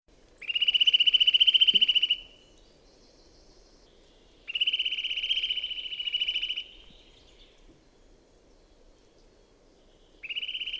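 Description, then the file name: Eurasian nuthatch giving rapid, even trills of repeated notes, runs of about two seconds with long pauses between, over faint low background noise. "Sitta europaea"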